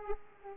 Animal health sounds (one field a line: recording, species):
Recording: mosquito wingbeat signal from an infrared sensor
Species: Aedes aegypti